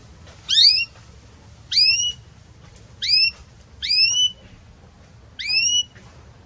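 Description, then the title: Belgian canary giving five short, sharp upslurred whistled calls at uneven intervals, with quiet pauses between them. Belgian canary song in campainha style, used to train young canaries. "Canto Do Canário Belga Campainha Para Encarte De Filhotes"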